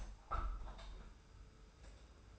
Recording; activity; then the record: daily activity, microphone in the room; open window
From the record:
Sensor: 2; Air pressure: 991.2 hPa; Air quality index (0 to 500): 120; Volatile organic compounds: 84 ppm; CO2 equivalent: 3638 ppm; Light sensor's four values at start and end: 36/106/42/40 and 36/106/42/40